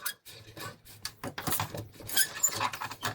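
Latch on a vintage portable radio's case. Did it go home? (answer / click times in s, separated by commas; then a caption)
no / none. Someone tries to close and latch the cover latch on the case of an old Trans Oceanic portable tube radio, making a run of light tapping, rattling and scraping with a few sharp knocks. The latch fails to catch, and nothing has clicked or seated.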